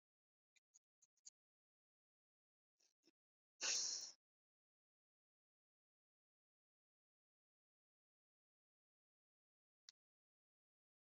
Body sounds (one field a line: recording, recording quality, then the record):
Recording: shallow breathing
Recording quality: poor, much background noise or distortion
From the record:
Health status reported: exposed to COVID-19, no respiratory illness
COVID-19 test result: not tested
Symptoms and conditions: cough, breathing difficulty, fever, fatigue, muscle pain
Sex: female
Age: 25 years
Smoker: not ticked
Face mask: not worn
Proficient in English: yes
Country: India